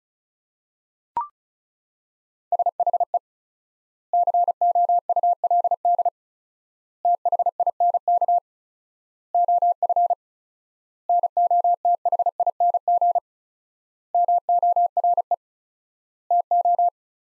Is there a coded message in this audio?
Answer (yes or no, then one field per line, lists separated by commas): yes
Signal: Morse code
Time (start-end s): 2.5-16.9 s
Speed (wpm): 36 wpm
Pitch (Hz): 700 Hz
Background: none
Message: SHE COULD THINK OF NOTHING MORE TO